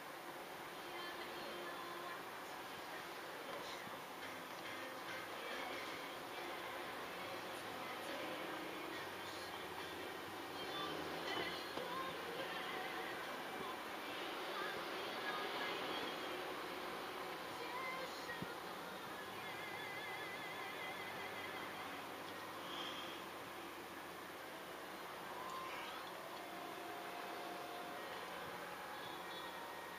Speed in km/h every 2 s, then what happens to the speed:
6, 5, 5, 5, 6, 6, 6, 7, 6, 4, 2, 0, 0, 0, 0.
0-20 steady at about 6. 20-30 standing.